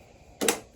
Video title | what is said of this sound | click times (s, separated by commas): 2 FEARLESS WOMEN VS. 2 AGGRESSIVE BALDFACED HORNET NESTS! MANCHESTER UNIVERSITY WASP SURVEY TEAM! | there you go both sides will click there when you get them down | 0.4 s, 0.5 s